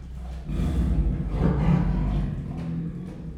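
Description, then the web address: Siberian tiger growl, loud and rasping, swelling after half a second and holding as a deep, rough rumble until the end. Captive Siberian tigers at Miskolc Zoo, recorded in 2018, growling and rasping while eating; more than one animal indicated. "allathangok miskolcizoo 2018 professzionalis sziberiai tigris morogvahorogveesznek miskolczoo"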